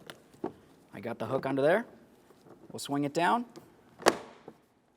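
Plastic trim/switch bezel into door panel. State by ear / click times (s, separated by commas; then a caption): seated / 4.1 s. Someone talks while the hook of a plastic armrest trim piece (switch bezel) is set under the interior door panel of a 2006-2011 Honda Civic, then the piece is swung down and pressed in. A sharp click at 4.1 s marks it snapping into the door panel, fully seated.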